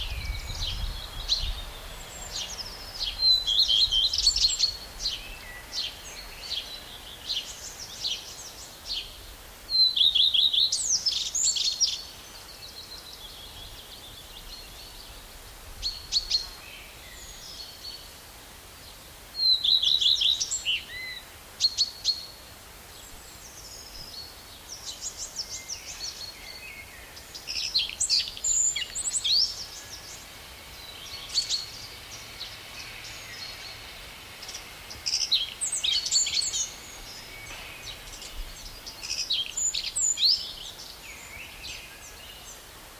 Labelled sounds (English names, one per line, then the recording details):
Common Redstart song
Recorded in the wild
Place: Prerow, Darß, Mecklenburg-Vorpommern, DE
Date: 1989-05-04 13:56
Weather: sunny, 20°C
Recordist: Tembrock, Günter